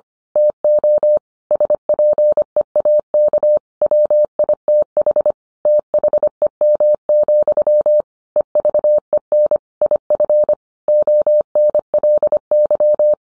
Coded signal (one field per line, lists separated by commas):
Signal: Morse code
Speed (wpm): 25 wpm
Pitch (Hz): 600 Hz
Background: none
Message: TO SPEAK WITH THEM, EVEN IF ONLY